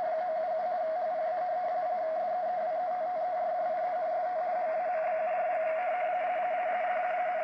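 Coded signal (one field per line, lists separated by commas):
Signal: RTTY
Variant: 50 baud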